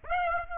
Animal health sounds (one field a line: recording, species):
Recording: mosquito wingbeat signal from an infrared sensor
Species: Aedes aegypti